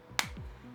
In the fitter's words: till you hear those satisfying clicks, and you're done.